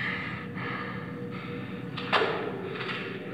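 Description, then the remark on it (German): An unlocked door is pushed open over a low, steady background rumble, with a faint creak and a short clunk partway through, then the noise settles again. “Hier ist schon wieder eine Tür. Die ist nicht abgeschlossen.”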